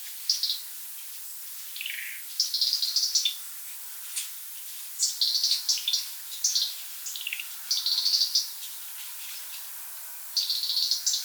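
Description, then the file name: European robin singing thin, high trilled phrases at irregular intervals, with quiet gaps between them. "rotkehlchen"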